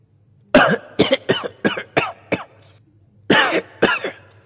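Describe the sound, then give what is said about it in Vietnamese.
An old man, having just spoken hoarsely, coughs again in a rough run of six quick, harsh coughs, pauses briefly, then hacks twice more, each burst loud and raspy with no talking. “Nói xong lại ho sù sụ.”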